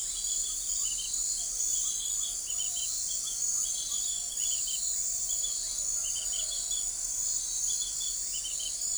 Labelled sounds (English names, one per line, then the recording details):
none
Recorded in forest near Pivijay, Magdalena, Colombia, on 1 June 2023 at 01:30
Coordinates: 10.467, -74.380
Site Z5-G034